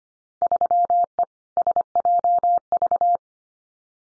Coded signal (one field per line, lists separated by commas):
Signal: Morse code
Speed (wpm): 25 wpm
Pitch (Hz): 700 Hz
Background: none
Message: 3E SJV